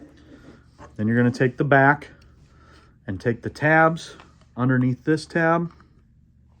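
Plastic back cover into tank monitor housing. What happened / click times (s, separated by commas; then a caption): The cover is being handled and has not yet snapped into place / none. A plastic back cover is handled and lined up by its tabs against the housing of an Anova UTM cellular tank monitor, with someone talking over quiet handling sounds. The cover has not snapped into place yet and nothing has clicked.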